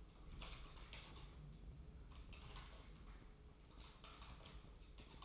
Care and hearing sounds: daily activity, microphone in the room; typing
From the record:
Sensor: 1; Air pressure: 995.3 hPa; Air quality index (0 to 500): 28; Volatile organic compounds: 1 ppm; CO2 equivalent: 541 ppm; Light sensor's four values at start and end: 16/55/20/22 and 17/57/21/23

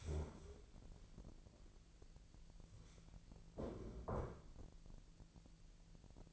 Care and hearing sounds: daily activity, microphone in the room; stand up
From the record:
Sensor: 5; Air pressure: 1002.0 hPa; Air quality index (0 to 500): 246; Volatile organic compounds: 30 ppm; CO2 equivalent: 2959 ppm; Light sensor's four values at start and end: 44/104/43/47 and 44/104/43/47

